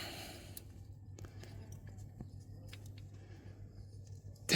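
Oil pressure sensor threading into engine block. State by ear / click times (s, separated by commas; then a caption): not seated / none. A metal oil pressure sensor on a 2014 Ram 1500 5.7L is turned backwards by hand against its hole in the engine block to find the start of the threads. Faint metallic ticks and light scrapes sound over a steady low hum, ending in a sharper burst of noise. The thread is not catching, and nothing has clicked into place yet.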